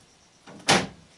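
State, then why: Seated. A hinged baseboard bridge flap on a model railway layout is lifted up and pushed down into brass ball catches. A soft knock at about 0.5 s is followed by a sharp, loud snap at 0.7 s as the catches engage, and the flap seats in place.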